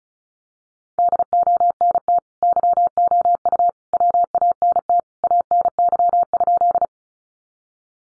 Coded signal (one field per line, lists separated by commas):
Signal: Morse code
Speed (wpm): 34 wpm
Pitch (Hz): 700 Hz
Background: none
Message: DONT YOU WANT ANY?